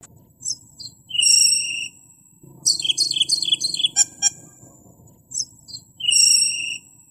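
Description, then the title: Asian glossy starling song of long shrill whistles and a burst of squeaky metallic chatter. "Suara Burung Cucak keling"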